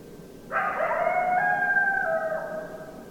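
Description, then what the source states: Coyote howl, a single long sustained note with rich harmonics that holds steady for about two seconds then slides slightly lower before fading. Coyotes recorded on 10 December 2012.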